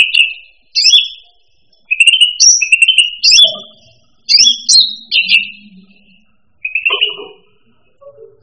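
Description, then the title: Bird song of short, bright, high whistled and chirping notes in quick varied phrases, with brief pauses between bursts. "SuaraBurung Kicau"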